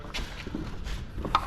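A final press on the front grille of a Ford Ranger seats the last plastic grille clip into the vehicle's front end. After some soft handling and rubbing noises, a small tap comes at 1.2 s, then a sharp snap at 1.4 s. The clip is seated and the grille is in.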